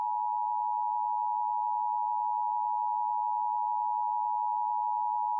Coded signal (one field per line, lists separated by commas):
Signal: Emergency Alert System (SAME) tones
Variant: 853 and 960 Hz attention tone